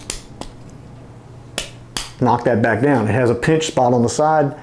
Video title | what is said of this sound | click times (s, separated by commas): Multi-tools and Knives - What I use and why | and it locks into place okay that blade will lock into place you can't | 0.1 s